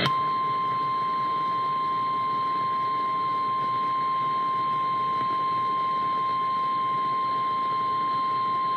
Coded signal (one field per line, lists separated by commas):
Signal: Emergency Alert System (SAME) tones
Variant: 853 and 960 Hz attention tone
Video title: EAS 484 Areal Flood Warning